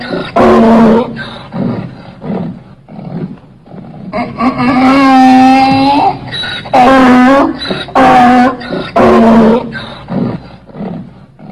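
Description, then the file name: Donkey bray, long wavering harmonic tones that rise and fall, alternating with harsher gasping notes, repeated several times before fading into quieter wheezes. "Sonido de burro"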